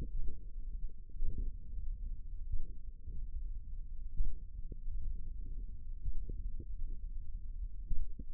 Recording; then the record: forearm muscle sounds (acoustic myography)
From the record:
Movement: thumb flexion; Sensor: system 1, eight BSWA MPA416 microphones around the upper forearm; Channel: 5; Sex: male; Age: 54 years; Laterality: right